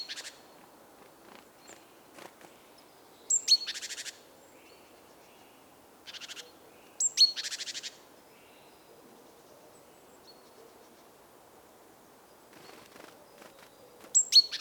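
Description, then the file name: Great tit calls: a thin high note dropping in pitch, then a harsh buzzy churring rattle, given in several bursts separated by pauses, over faint steady background noise. "Parus major"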